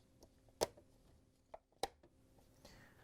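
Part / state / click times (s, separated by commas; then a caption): dishwasher door handle into control panel / seated / 1.8 s. A plastic dishwasher door handle is set down in place on the control panel and snapped in. Several sharp ticks sound, with a loud snap at 1.8 s. The handle is seated.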